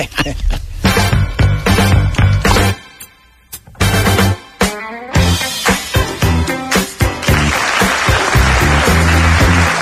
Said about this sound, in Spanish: Hay más aplausos, hay más aplausos.